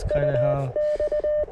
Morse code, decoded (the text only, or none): U X